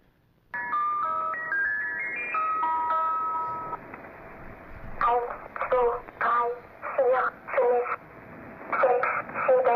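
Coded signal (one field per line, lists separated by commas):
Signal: numbers station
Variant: Swedish Rhapsody, German girl voice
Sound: tinkling music-box melody, then a child's voice reading short words at steady intervals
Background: radio static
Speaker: we have another one this one's a bit more creepy it's called The Swedish Rhapsody yeah little German girl rattling off spy numbers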